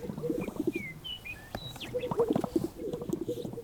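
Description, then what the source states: Greater sage-grouse display, soft low popping and bubbling notes repeated in bouts, with several thin whistled bird notes drifting above. Described as a fluttering, popping sound.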